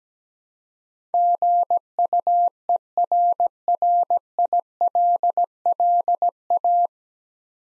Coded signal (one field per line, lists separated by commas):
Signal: Morse code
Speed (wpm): 17 wpm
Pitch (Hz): 700 Hz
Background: none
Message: GUERRILLA